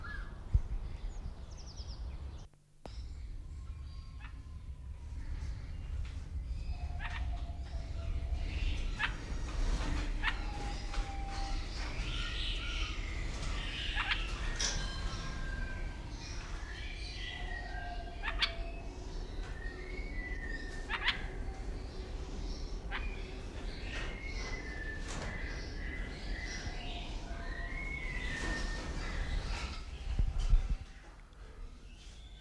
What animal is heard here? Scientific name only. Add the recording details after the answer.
Pycnonotus barbatus. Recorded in captivity. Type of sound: call. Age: adult. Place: Zoo Berlin, Berlin, DE. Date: 1993-03-06 10:00. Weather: 3-6 °C, heiter bis wolkig. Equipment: Marantz CP 430, Sennheiser ME 80, Kopie Uher Variocord 263. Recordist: Tembrock, Günter. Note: Kurzlaute (50 cm)